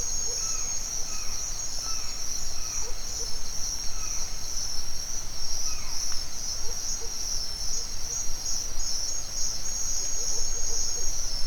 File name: nature ambience forest dawn owl birds crickets insects mexico